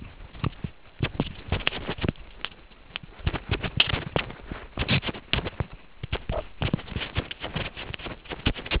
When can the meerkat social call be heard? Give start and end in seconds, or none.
none